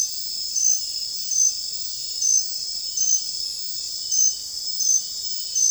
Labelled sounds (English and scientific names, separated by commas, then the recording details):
none
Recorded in secondary vegetation near Puerto Asís, Putumayo, Colombia, on 26 December 2024 at 01:00
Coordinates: 0.484, -76.319
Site GP06